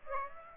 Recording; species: mosquito wingbeat signal from an infrared sensor; Aedes aegypti